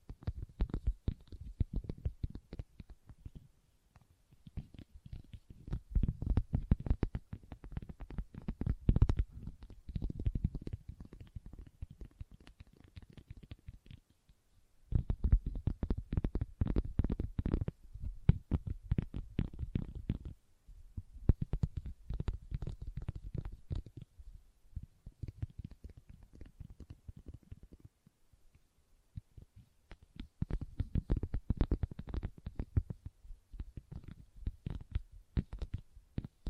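Leather tapped and scratched in dense bursts of quick, dull strikes and rubbing, with brief pauses near 4, 15, 21 and 29 seconds.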